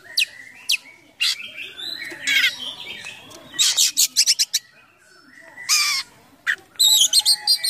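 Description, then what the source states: Oriental magpie-robin with harsh, noisy bursts and scratchy phrases, then a quick stuttered run and rapid high twitters at the end. Kacer song in 'gacor full isian mewah' style: a continuous, full song packed with imitations of other sounds.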